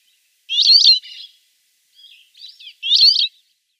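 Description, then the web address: Rock sparrow singing two strained, buzzy squealing phrases with soft scratchy notes between, high-pitched and nasal, no other sounds. "Schulze Peter Rock Sparrow song"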